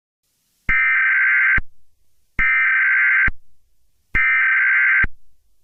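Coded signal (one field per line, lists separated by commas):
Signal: Emergency Alert System (SAME) tones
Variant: header bursts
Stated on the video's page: Fictional EAS scenario.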